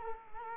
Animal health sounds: mosquito wingbeat signal from an infrared sensor; Culex quinquefasciatus

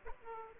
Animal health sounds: mosquito wingbeat signal from an infrared sensor; Aedes aegypti

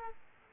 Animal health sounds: mosquito wingbeat signal from an infrared sensor; Aedes aegypti

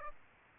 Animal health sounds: mosquito wingbeat signal from an infrared sensor; Aedes aegypti

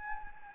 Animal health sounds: mosquito wingbeat signal from an infrared sensor; Anopheles gambiae

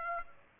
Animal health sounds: mosquito wingbeat signal from an infrared sensor; Aedes aegypti

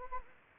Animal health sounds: mosquito wingbeat signal from an infrared sensor; Anopheles gambiae

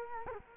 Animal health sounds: mosquito wingbeat signal from an infrared sensor; Culex quinquefasciatus

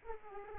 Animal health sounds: mosquito wingbeat signal from an infrared sensor; Aedes aegypti

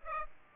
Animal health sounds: mosquito wingbeat signal from an infrared sensor; Culex pipiens

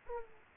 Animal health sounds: mosquito wingbeat signal from an infrared sensor; Aedes aegypti

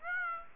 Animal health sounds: mosquito wingbeat signal from an infrared sensor; Aedes aegypti

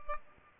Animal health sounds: mosquito wingbeat signal from an infrared sensor; Aedes albopictus

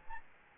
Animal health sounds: mosquito wingbeat signal from an infrared sensor; Aedes albopictus

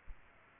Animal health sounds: mosquito wingbeat signal from an infrared sensor; Aedes aegypti

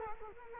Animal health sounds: mosquito wingbeat signal from an infrared sensor; Culex quinquefasciatus

